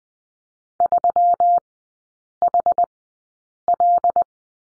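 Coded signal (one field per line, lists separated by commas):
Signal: Morse code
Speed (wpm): 20 wpm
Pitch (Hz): 700 Hz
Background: none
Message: 3HL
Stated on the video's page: Morse course lesson on the question mark, Farnsworth speed 20/10 wpm, three-character groups.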